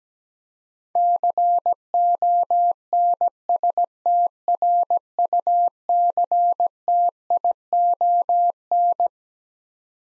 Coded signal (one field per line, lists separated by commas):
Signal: Morse code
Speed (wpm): 17 wpm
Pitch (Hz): 700 Hz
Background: none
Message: CONSTRUCTION